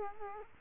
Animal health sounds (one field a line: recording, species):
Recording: mosquito wingbeat signal from an infrared sensor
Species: Culex quinquefasciatus